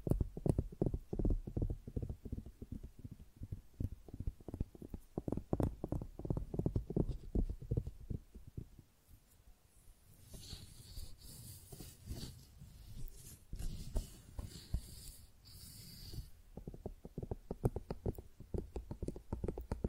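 Tingly flower sounds: quick, dense tapping and rustling fill the first eight seconds, then ease off briefly. From about ten to sixteen seconds a brighter, hissing crinkle takes over with softer handling underneath, before the rapid low tapping returns to the end.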